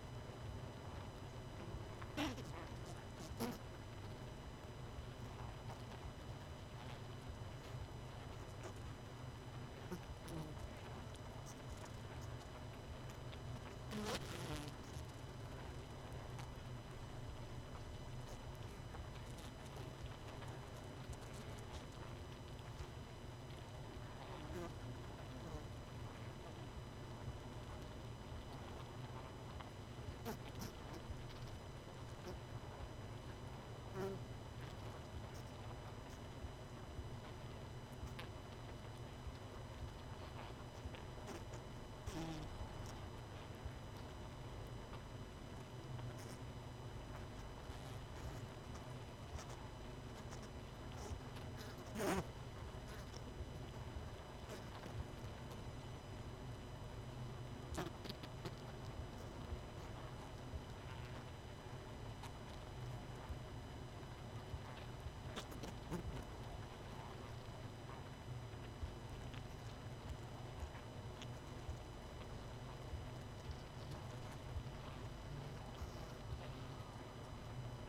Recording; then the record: honeybee colony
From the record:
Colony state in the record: missing queen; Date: 31 May 2018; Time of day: 20:50